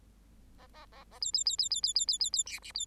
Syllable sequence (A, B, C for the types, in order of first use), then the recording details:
A A A A B B B B B B B B B B C D B. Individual Bird8